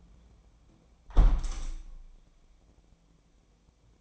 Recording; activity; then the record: daily activity, microphone in the room; close window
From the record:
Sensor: 1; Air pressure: 1012.3 hPa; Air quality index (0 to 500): 168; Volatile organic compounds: 3 ppm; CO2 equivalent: 1370 ppm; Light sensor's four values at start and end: 147/329/145/152 and 148/330/146/153